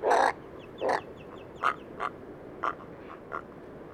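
Dimorphic egret giving harsh, raspy croaks, loudest at first and then fading, spaced irregularly about every half second to second, with faint thin chirps from another bird behind.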